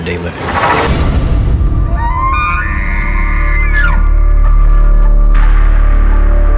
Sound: elk bugles